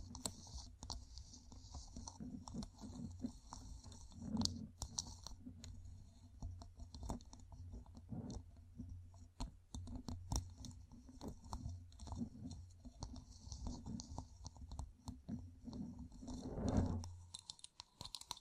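Fingertips covered in gems tap and scratch in a dense, irregular clatter of bright clicks over a low steady hum, louder near the end.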